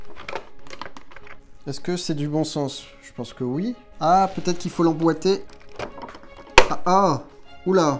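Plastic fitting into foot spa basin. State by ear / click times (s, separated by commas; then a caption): seated / 6.6 s. Someone talks over background music while struggling to fit a plastic part into a foot spa basin, then presses it in. A loud, sharp snap at 6.6 s marks the part seating into place, and it is confirmed as fitted correctly.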